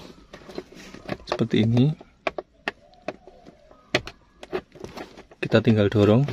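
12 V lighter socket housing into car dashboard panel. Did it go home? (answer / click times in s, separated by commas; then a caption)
no / none. A car's 12 V cigarette-lighter/charger socket housing, on a Calya/Sigra, is lined up by its locking tabs against the plastic dashboard panel while someone talks. Short, sharp handling knocks and taps are heard between the speech. The clip ends before the housing is pressed home, so nothing has seated or clicked yet.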